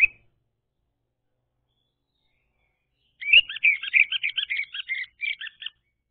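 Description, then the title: Orange-headed thrush song: after a brief opening note and a long pause, a rapid run of varied high warbled and chirping phrases. Played as a lure to prompt a silent bird to sing. "Anis Merah Macet.. Pancing Dengan Suara Ini.. # Anis Merah"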